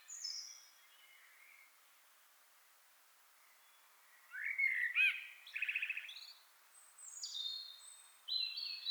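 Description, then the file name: Common blackbird giving a faint opening note, then a fluty warbled phrase that ends in a run of thin, high squeaky twitters. "Turdus merula"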